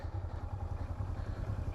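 Two people lift a heavy Givi luggage case on a Transalp 650 motorcycle and line it up on its rack mounting plate. A steady low throbbing rumble, like an engine idling, runs under broadband noise with no sharp impacts. Nothing has seated or clicked yet.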